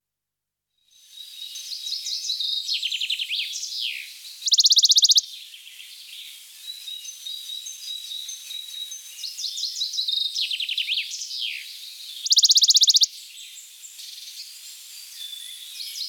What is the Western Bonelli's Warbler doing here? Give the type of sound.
song